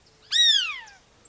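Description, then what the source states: Crane hawk giving a single drawn-out whistled call that starts abruptly and slides downward in pitch over about 0.7 seconds. Central and South America; named for its long, slim legs.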